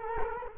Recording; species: mosquito wingbeat signal from an infrared sensor; Culex quinquefasciatus